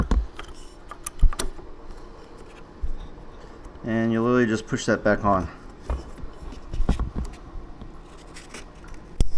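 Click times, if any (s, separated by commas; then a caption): 9.2 s. A fuel line quick-connect fitting is pushed back onto the fuel tank outlet of an Indian Sport Chief motorcycle. Someone talks over scattered handling knocks and rubbing. A sharp snap at 9.2 s marks the fitting seating into place.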